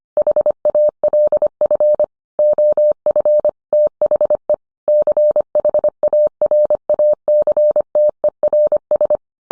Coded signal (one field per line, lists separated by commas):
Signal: Morse code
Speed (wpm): 25 wpm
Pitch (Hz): 600 Hz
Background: none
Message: HALF OF THE CHARACTERS